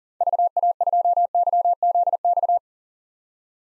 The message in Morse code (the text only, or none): VA2YZX